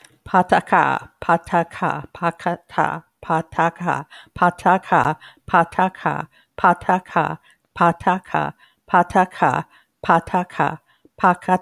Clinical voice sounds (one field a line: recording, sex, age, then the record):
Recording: repeated syllables /pa ta ka/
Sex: female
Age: 60 to 69 years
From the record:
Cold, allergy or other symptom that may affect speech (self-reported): no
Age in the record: 62 years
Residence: United States